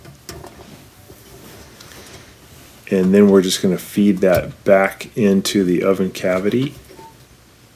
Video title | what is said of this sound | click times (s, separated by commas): ✨ GE Electric Oven - Won’t Heat - EASY FIX ✨ | them on as far as it can go and they'll kind of click into place and | 0.3 s